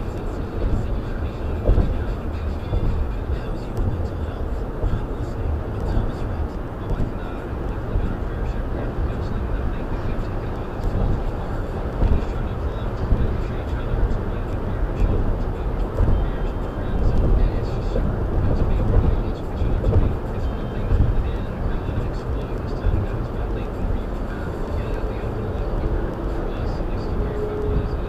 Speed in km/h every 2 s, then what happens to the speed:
103, 103, 105, 105, 106, 108, 109, 111, 111, 111, 111, 113, 116, 118.
0-28 speeds up to 118.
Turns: none.